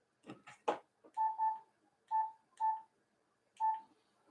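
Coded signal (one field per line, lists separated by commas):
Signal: none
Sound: repeater courtesy tone beeps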